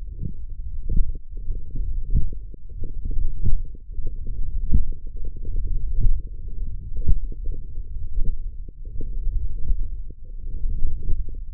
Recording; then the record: forearm muscle sounds (acoustic myography)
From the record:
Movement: hand closing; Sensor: system 1, eight BSWA MPA416 microphones around the upper forearm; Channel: 6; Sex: male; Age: 21 years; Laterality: right